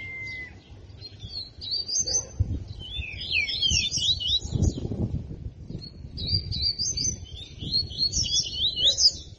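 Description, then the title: Double-collared seedeater song in two bursts of quick high chirps and slurred trills separated by a short pause, with low background rumble and a brief thin whistle at the start. Song in the tui tui style; the bird is described as fibra. "COLEIRO DE GOLA TUI TUI FIBRA"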